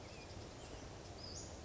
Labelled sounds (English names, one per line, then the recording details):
Western Flycatcher
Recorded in Sonoma County, California